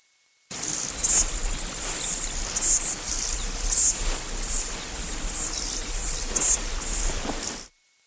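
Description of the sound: Simulated high-frequency tinnitus tone that disappears when masked by a bright summer ambience with crickets. The masking sound shares the tinnitus frequencies but sounds pleasant rather than like tinnitus. Tinnitus simulation with sound masking.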